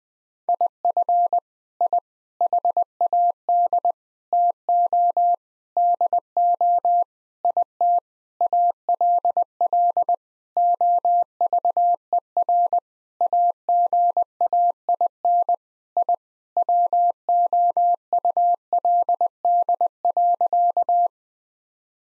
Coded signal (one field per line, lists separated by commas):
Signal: Morse code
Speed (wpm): 20 wpm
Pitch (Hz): 700 Hz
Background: none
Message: IF I HAD TO DO IT ALL OVER AGAIN I WOULD.